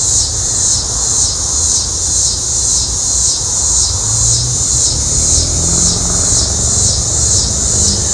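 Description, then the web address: Cicada chorus, a loud shrill buzz swelling in regular pulses about twice a second, over a constant low background hum. "cicadas. Linnes x Winnemanna"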